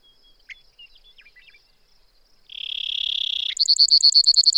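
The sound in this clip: Brewer's sparrow song: a dry, high buzzy trill held about a second, then a faster, higher pulsed trill, after soft scattered chips.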